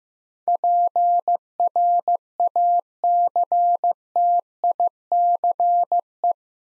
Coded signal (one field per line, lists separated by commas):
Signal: Morse code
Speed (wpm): 15 wpm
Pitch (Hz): 700 Hz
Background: none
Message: PRACTICE